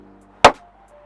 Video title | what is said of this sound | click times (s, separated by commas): How to: Replace Front Turn Signal Light Bulb on a 2005 Porsche Cayenne | worry it's not going to be breaking it's just a snap for locking it in place there | 0.4 s